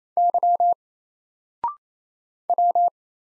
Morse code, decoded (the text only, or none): Y W